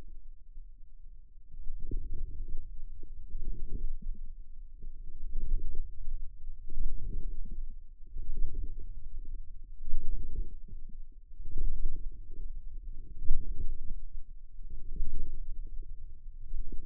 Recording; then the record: forearm muscle sounds (acoustic myography)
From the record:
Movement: radial deviation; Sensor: system 2, bracelet of six BSWA MPA416 microphones around the upper forearm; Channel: 5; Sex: male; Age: 22 years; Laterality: right